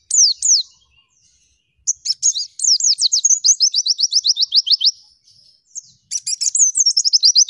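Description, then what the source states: White-eye song in bursts: a few sharp high notes, a pause, then a fast run of rapid downslurred chirps, another break, and a closing twittered trill. Kept white-eye singing loudly (gacor) with full rapid bursts (tembakan), used for song-training other caged birds.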